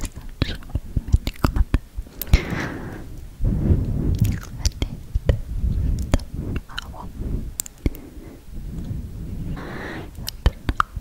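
Mouth sounds fill the recording: wet clicks, smacks and chewing-like pops arrive in quick irregular bursts throughout. Between them, soft murmured whispering swells in low, breathy patches, most fully around four seconds and again near ten seconds.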